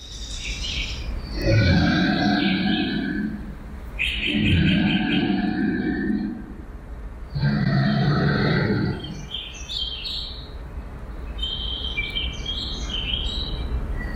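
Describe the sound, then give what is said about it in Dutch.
A reconstructed prehistoric creature's growl plays in the hall of the Royal Tyrrell Museum: three long, loud, rumbling growls with pauses between, followed by softer high chirping calls and no talking. “En hoe weten jullie dan wat dat was, wat zo gromde?”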